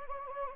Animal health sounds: mosquito wingbeat signal from an infrared sensor; Anopheles gambiae

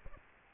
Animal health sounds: mosquito wingbeat signal from an infrared sensor; Aedes aegypti

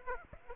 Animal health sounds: mosquito wingbeat signal from an infrared sensor; Aedes aegypti

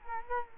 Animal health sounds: mosquito wingbeat signal from an infrared sensor; Culex quinquefasciatus

